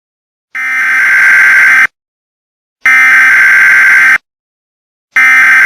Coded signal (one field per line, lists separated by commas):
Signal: Emergency Alert System (SAME) tones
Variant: header bursts